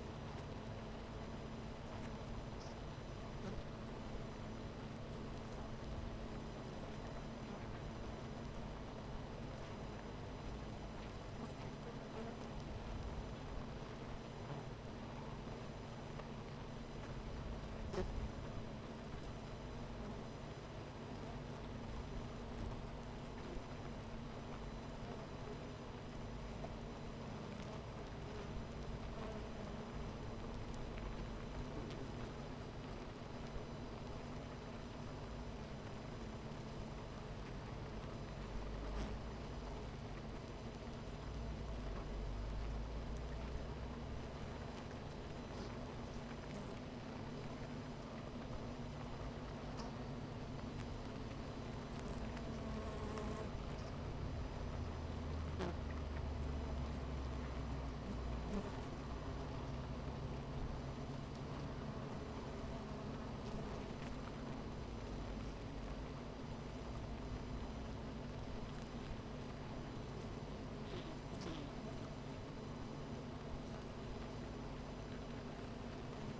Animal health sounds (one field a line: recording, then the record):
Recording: honeybee colony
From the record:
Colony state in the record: missing queen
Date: 14 July 2017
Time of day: 10:02